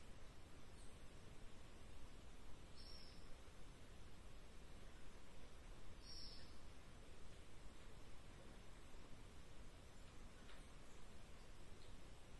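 Atlantic rainforest ambience: a dense, steady hiss of forest sound fills every register, with a soft low rumble underneath. Brief high chirps cut through around three and six seconds, with fainter calls near the start and around ten seconds.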